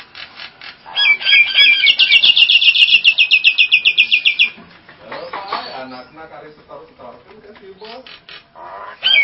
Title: Jalak Nias